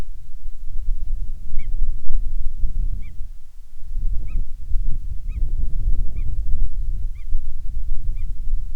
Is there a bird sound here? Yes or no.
yes